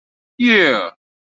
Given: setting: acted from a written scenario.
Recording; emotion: vocal sound without words; triumph